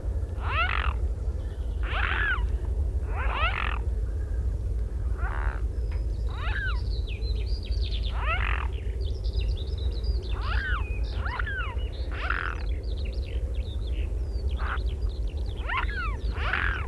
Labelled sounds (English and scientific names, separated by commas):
Mute Swan (Cygnus olor) call